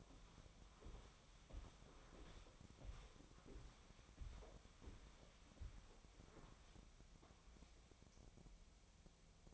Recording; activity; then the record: daily activity, microphone in the room; walk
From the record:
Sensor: 1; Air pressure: 1015.3 hPa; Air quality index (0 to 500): 129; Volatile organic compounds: 5 ppm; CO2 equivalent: 1776 ppm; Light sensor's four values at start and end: 12/28/11/13 and 12/30/12/14